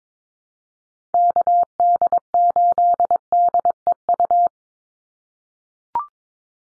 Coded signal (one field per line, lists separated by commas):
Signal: Morse code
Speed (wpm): 22 wpm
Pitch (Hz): 700 Hz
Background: none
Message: KD8DEU